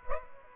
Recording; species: mosquito wingbeat signal from an infrared sensor; Aedes aegypti